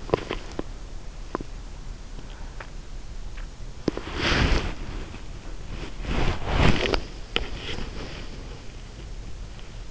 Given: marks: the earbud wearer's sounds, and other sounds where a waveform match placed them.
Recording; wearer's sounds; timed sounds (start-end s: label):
sounds in sleep by an in-ear microphone; body movement, teeth grinding
0.00-0.85 s: body movement
1.37-3.54 s: teeth grinding
3.77-8.39 s: body movement